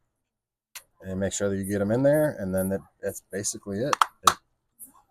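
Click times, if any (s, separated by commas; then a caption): 4.3 s. Someone talks while reassembling a game controller after sliding the triggers and battery terminals into place. The front and back plastic shell halves are squeezed together and snap shut with one sharp click at 4.3 seconds, seating the shell.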